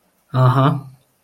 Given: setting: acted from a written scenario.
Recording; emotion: vocal sound without words; contempt